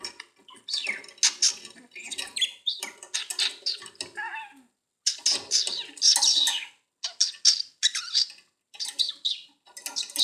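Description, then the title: Budgerigar chatter, a busy run of scratchy squawks and squeaky notes in bursts, broken by short pauses. "Budgie Sounds"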